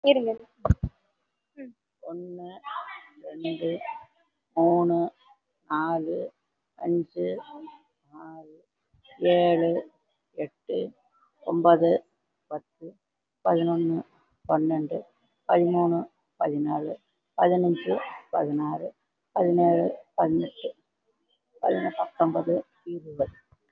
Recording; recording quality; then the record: counting at a normal pace; excellent, no background noise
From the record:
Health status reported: COVID-19 positive, no symptoms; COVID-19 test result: positive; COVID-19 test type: RT-PCR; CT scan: taken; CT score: 3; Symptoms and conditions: pneumonia, another respiratory illness, hypertension, diabetes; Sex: female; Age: 68 years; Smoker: no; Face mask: worn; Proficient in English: yes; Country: India